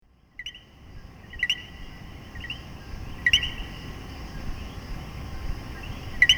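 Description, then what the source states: Coquí frog giving a few scattered two-note chirps, each rising in pitch, spaced a second or more apart, over a steady high background hum. Coquíes, Puerto Rico.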